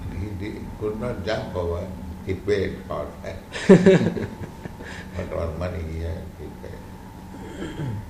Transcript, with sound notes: He could not jump over. He paid for that. [devotees laugh] What money he had, he paid.